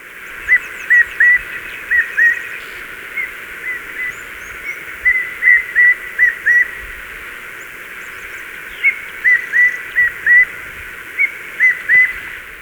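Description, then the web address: Tawny antpitta whistles: short, clear whistled notes in quick groups of three or four, repeated at irregular intervals. Ecuador. "Natures Songs S America Birds of Ecuador Tawny Antpitta"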